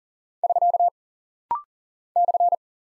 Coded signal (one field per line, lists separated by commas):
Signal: Morse code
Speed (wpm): 39 wpm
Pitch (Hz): 700 Hz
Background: none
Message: <SK> /